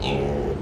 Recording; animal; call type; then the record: contact call of a hoofed animal; pig; closed-mouth grunt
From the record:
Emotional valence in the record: negative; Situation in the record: short social isolation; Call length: 0.62 s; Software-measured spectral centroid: 1650 Hz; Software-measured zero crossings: 1150 a second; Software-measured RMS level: -24 dBFS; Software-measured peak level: -13 dBFS